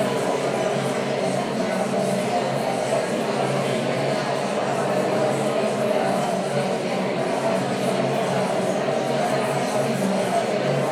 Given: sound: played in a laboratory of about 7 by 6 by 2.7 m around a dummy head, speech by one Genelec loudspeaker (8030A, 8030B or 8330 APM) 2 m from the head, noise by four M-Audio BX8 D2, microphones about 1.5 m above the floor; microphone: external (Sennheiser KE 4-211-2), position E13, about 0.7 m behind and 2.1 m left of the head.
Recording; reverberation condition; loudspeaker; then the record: babble noise; high; four, about 170 cm from the corners of the room and facing them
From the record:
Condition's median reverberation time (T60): about 1300 ms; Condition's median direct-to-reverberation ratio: about -4.0 dB